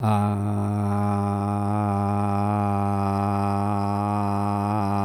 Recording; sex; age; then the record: sustained vowel /a/; male; 50 to 59 years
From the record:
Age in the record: 57 years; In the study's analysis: included